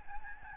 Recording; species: mosquito wingbeat signal from an infrared sensor; Aedes albopictus